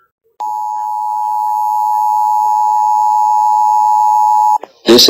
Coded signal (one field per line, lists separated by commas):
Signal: Emergency Alert System (SAME) tones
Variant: 853 and 960 Hz attention tone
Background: speech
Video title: EAS Required Monthly test on 830 WCCO-AM WCCO-HD (KMNB-HD2) KARE-TV and Xfinity